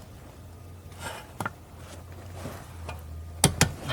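On a Mercedes S550 rear brake job, the second (lower) caliper bracket bolt is tightened with a click-type torque wrench to 38 ft-lb, with soft metallic ratcheting and rubbing over a low hum. The wrench gives a sharp click at 3.4 s, followed by a second sharp snap at 3.6 s, confirming the bolt has reached torque.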